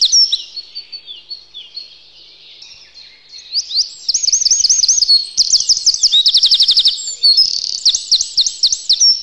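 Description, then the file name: Eurasian wren singing: soft, high twittering at first, then a loud, hurried run of piercing notes and trills. "Zaunkoenig"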